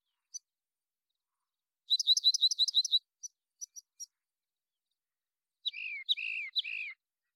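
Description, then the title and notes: Rock Wren singing a fast run of repeated sharp notes, a few scattered high chips, then three longer buzzy descending phrases near the end; background silent. Long song sequence, natural pace and rhythm kept, isolated from a Double mid-side recording; Pacific Northwest, Washington, United States. "BIRDSong Wrens - Rock Wren. Rock Wren, Salpinctes obsoletus, long song sequence, isolated from Double mid-side original, natural pace and rhythm maintained Recorded in the beautiful Pacific Northwest, Washington, United States"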